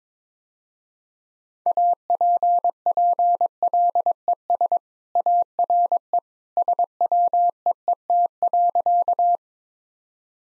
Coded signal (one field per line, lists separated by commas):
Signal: Morse code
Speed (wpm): 21 wpm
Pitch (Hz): 700 Hz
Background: none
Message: APPLES ARE SWEET.